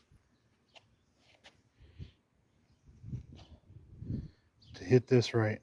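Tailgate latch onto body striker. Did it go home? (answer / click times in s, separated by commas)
no / none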